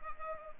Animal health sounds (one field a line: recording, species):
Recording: mosquito wingbeat signal from an infrared sensor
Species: Culex pipiens